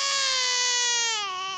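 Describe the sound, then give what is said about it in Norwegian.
A baby lets out one long, loud, high-pitched wail, steady and strongly tonal, its pitch sagging slightly as the cry trails off at the end. “Hold opp, du skremmer den jo.”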